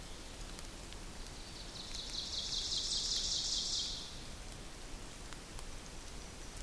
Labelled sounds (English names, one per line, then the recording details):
Ovenbird song
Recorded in boreal forest in Alberta, Canada, on 2 June 2016 at 06:30
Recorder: SongMeter 3, array SBT-3-7
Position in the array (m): 193 m, 4 m
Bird 6